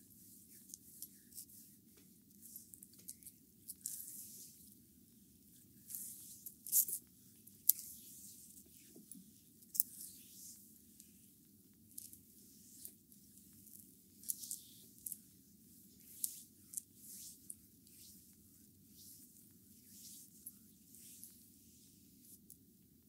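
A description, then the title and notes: Bamboo brooms brush in a massage, giving bright scratchy swishes every second or so over a steady low rumble throughout. ASMR massage with Bamboo brooms by Adel. Rare type of massage using bamboo brooms.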